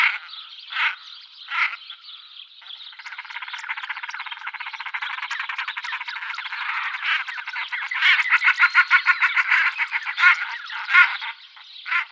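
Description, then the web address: Common shelduck calls: a long, rapid run of harsh, nasal notes that speeds into dense chattering, with louder bursts near the end. "Schulze Peter Common Shelduck"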